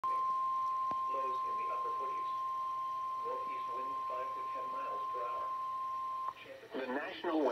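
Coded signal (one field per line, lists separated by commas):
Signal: Emergency Alert System (SAME) tones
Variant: 1050 Hz attention tone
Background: speech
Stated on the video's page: Severe Thunderstorm Warning heard over an online NOAA Weather Radio stream.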